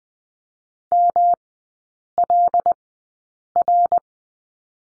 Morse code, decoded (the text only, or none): MLR